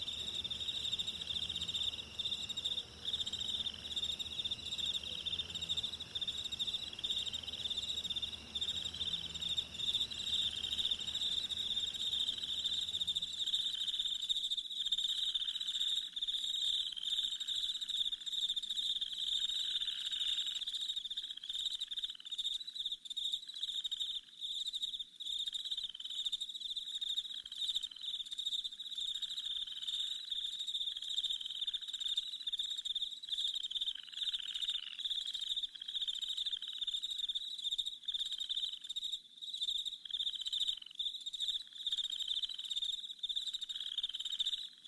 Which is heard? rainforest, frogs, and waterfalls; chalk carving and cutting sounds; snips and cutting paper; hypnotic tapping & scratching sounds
rainforest, frogs, and waterfalls